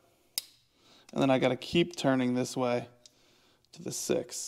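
A torque setting collar on a T-handle torque tool is turned to the 5 Nm position and snaps locked into the tool body with a sharp click at 0.4 s. Afterward, someone talks.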